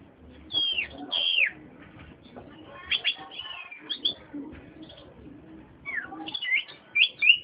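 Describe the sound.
Oriental magpie-robin song: sharp down-slurred whistles and quick chirps in separate bursts with quiet gaps between.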